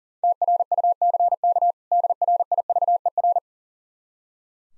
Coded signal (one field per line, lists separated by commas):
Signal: Morse code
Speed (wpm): 40 wpm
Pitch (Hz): 700 Hz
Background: none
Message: TRUCK DRIVER